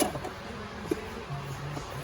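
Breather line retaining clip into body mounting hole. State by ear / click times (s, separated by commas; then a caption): seated / 0.0 s. On a 2008 Cadillac DTS, the air suspension compressor breather line is pushed into its body mounting hole, and the plastic retaining clips click in sharply at 0.0 s, seating the line. A faint tick follows near 0.9 s over a low background hum.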